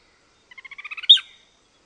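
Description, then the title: Greyish mourner song: a rapid run of soft notes that build in volume, capped by one loud, sharp, explosive final note. Subspecies Rhytipterna simplex simplex. "LuckyPassaro Completos2Sama. Greyish Mourner (Rhytipterna simplex simplex)"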